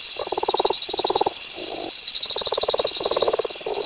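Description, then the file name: Brown's leopard frog giving rattling pulsed croaks in bursts of about half a second, with a steady high hum behind. "Lithobates brownorum"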